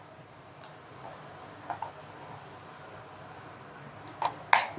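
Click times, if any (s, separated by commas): 4.5 s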